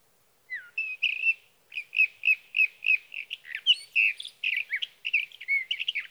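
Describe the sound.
Sage thrasher song: a quick series of repeated short warbles that grows into a varied, tumbling jumble.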